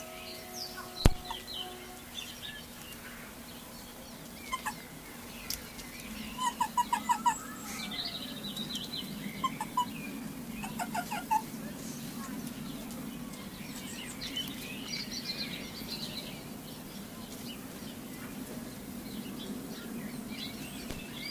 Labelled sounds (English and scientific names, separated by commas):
Sand Fox (Vulpes rueppellii)